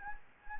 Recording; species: mosquito wingbeat signal from an infrared sensor; Anopheles gambiae